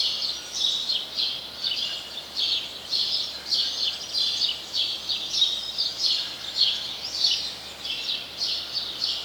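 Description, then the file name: House sparrow calls, repeated sharp chirps over a steady background hiss. "Passer domesticus"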